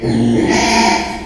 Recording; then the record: squeal of a Yucatan mini pig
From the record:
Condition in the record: after surgery on the right vocal fold (resection and tissue-engineered implant); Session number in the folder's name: 2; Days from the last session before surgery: 13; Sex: male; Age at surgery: 12 weeks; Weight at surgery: 13 kg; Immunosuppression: cyclosporine, prednisolone